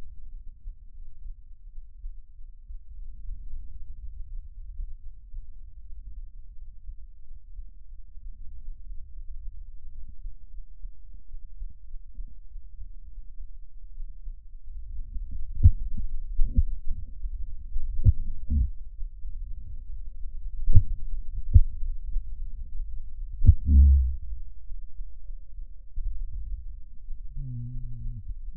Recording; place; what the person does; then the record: lung sounds by stethoscope; left anterior apical chest; quiet breathing, then cough and speech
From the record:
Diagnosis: pulmonary infection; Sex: male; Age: 69 years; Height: 184 cm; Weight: 115 kg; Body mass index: 34.0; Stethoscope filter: bell mode